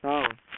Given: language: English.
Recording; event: throat vibration sensor signal played as sound; speech